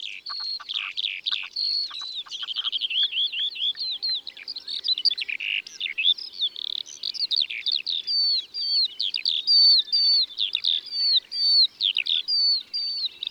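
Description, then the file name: Eurasian skylark song, a long, unbroken stream of high, rapid warbled and trilled notes with quick chirps and slurred whistles, no pauses. "Alouette des champs ABC des chants doiseaux"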